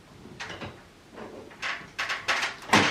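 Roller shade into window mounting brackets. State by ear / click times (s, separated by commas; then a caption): seated / 2.0 s, 2.7 s. A motorized blackout roller shade is pushed up into its three wall or ceiling mounting brackets, with a few soft knocks and rattles as it is lined up. Sharp snaps come at 2.0 s and 2.7 s, the second the loudest. The shade is seated in its brackets.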